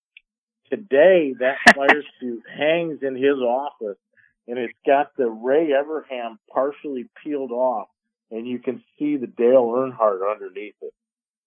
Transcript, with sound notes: Today, that fire suit-
(laughs)
... hangs in his office, and it's got the Ray Everham partially peeled off, and you can see the Dale Earnhardt underneath it.